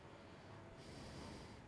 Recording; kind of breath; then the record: one breath in and out by a microphone near the nose and mouth; normal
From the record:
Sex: male